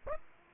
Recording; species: mosquito wingbeat signal from an infrared sensor; Aedes aegypti